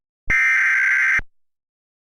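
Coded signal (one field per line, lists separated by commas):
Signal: Emergency Alert System (SAME) tones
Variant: header bursts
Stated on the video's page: Unfinished fictional EAS scenario, a simulated alert.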